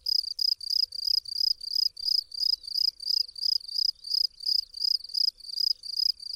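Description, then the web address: Field cricket producing loud, rasping high chirps in a regular rhythm, roughly two or three per second, each chirp a short buzzy burst. "Tajemnice puszczy Swierscz polny"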